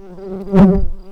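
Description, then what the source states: Tree bumblebee worker buzzing, a steady low hum with wavering harmonics that swells sharply in the middle, then eases back to a softer drone. Workers of the tree bumblebee, Bombus hypnorum.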